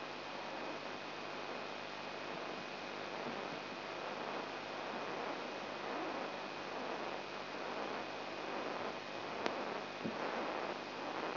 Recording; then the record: brain microelectrode recording played as sound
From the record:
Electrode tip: inside the subthalamic nucleus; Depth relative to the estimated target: 0 mm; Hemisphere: right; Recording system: AlphaMap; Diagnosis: Parkinson's disease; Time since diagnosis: 9 years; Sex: male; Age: 58 years